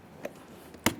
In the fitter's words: we're going to press it in listen for a click make sure it's properly locked in